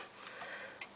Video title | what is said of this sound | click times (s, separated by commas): How to change Install Replace a Power Supply in a Dell Optiplex GX520 GX620 Desktop | ensure it's in the right position push it home until you hear it click | 0.8 s